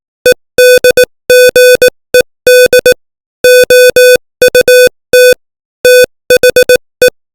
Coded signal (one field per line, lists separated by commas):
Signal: Morse code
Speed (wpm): 18 wpm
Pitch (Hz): 500 Hz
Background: music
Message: EDGED OUT THE